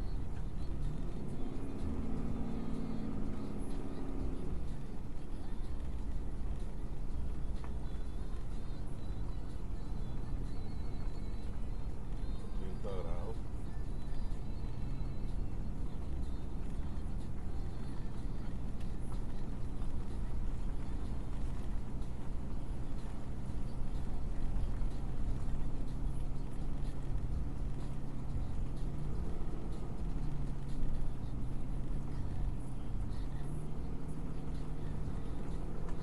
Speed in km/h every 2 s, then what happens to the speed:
23, 21, 21, 23, 21, 23, 23, 23, 24, 23, 24, 26, 27, 27, 27, 26, 26, 26.
0-36 steady at about 23.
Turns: none.